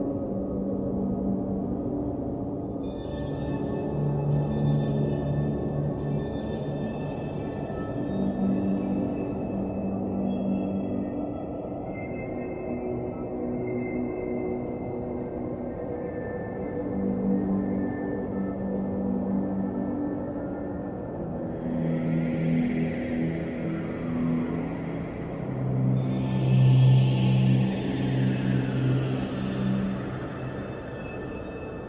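Futuristic city ambience: a steady low rumble with layered humming drones and thin high tones that hold and shift. Around 23 and 27 seconds, airy swooshing sweeps rise and fall, bringing the loudest moment, before the hum settles again.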